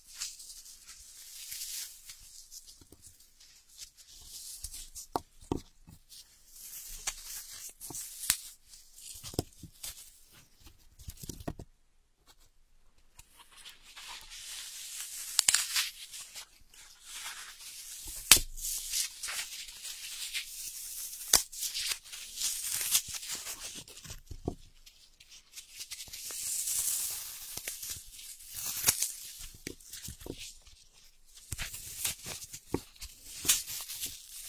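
Ear picking, heard as soft scratching and rustling that comes in uneven bursts throughout. Thin, bright scraping textures dominate, broken by sharp clicks and taps every few seconds, with quiet pauses between, and a denser hissing stretch near 26 seconds.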